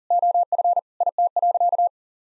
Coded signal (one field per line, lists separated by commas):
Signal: Morse code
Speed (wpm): 40 wpm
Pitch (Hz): 700 Hz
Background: none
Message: OF IT.